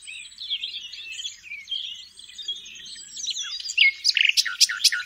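Common nightingale song: a rambling high warble that gives way to loud, sharp notes repeated rapidly near the end.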